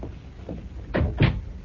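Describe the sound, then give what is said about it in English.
A door is pushed shut, landing as two quick, solid thumps about a third of a second apart, preceded by faint shuffling; no one speaks. “please come in and close the door.”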